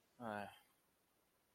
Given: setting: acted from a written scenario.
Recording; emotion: vocal sound without words; disappointment